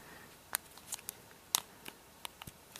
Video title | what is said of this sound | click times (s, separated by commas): OtterBox Defender Case for iPhone 5 Review | and push it around the edges so it snaps into place | 0.6 s, 1.6 s